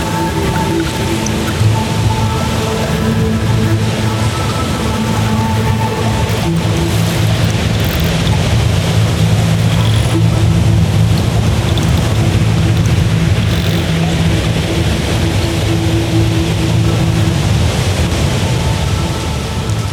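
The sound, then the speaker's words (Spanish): A dense, steady wash of lake water sounds, hissing and rain-like, with faint sustained low tones humming underneath throughout and no voices; a soundscape recording from Bariloche, from the work Lauquen. “Esta obra invita a zambullirse en un recorte del paisaje sonoro de Bariloche, con un recorrido que comienza en el centro cívico, luego pasa por el”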